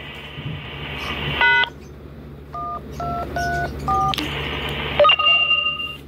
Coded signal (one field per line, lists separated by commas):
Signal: DTMF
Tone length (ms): 250 ms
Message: # 1234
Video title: Talking repeater cor clock dtmf